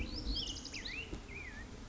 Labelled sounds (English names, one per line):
Black-headed Grosbeak